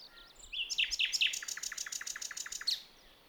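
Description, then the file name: Common nightingale delivering a rapid phrase of sharp, evenly repeated chirping notes after a few soft introductory notes. "Luscinia megarhynchos"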